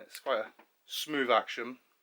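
Someone talks while twisting the stainless steel top cap of a SMOK TFV16 vape tank back into its push-button lock, noting the smooth action. The cap has not seated or clicked yet.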